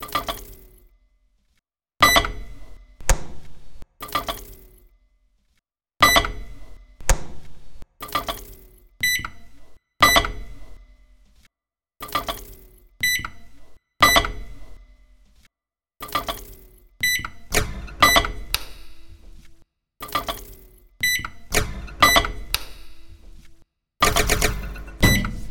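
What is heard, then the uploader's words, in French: A cup and a microwave oven: a cup is knocked and set down over and over, each clink ringing briefly with a bright, glassy tone. The knocks come in irregular clusters every second or two, with short silences between them. Four micro-ondes et tasse.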